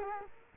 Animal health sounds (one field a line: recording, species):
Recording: mosquito wingbeat signal from an infrared sensor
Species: Culex quinquefasciatus